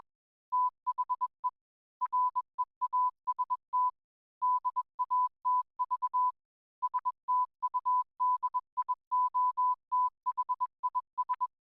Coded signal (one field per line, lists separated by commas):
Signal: Morse code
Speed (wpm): 21 wpm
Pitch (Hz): 1000 Hz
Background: music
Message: THE REAST DATV STUDIO THIS